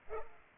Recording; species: mosquito wingbeat signal from an infrared sensor; Culex pipiens